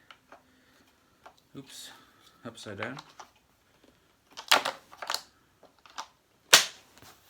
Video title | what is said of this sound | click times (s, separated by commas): Bissell SpotClean, Unboxing and Quick Demo | that's definitely a click then | 6.5 s